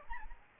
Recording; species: mosquito wingbeat signal from an infrared sensor; Aedes albopictus